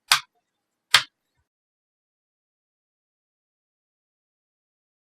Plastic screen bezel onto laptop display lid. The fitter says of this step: edge of the screen is to snap into place again now